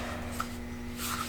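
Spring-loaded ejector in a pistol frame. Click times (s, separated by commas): 0.4 s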